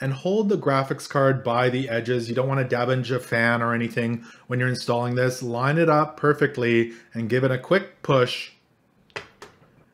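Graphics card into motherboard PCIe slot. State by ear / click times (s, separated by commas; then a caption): seated / 9.2 s. Someone talks while holding a Gigabyte GeForce RTX 3060 graphics card by its edges, lining it up with the motherboard's PCIe slot and giving it a quick push. After the talk stops, a sharp click at 9.2 s is the slot's retention latch snapping shut as the card seats in place.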